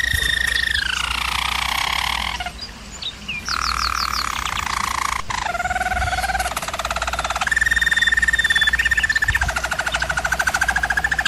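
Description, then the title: German Roller canary song of steady rolled tones, a short pause with thin rapid notes, then a louder fast-pulsed roll that carries to the end. German Roller canary singing, used for training canaries. "German Roller Canary Singing - Canary Training Vid"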